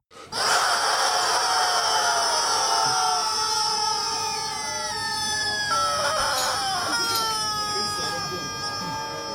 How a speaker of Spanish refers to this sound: Los pollitos pío, los pollitos pío, los pollitos pío.